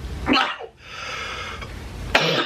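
Two abrupt, harsh cough bursts from an adult man with obesity (about 350 pounds) who has cracked his ribs from more than two and a half months of excessive coughing. Between them is a steady airy hiss from the CPAP machine he wears over his nose.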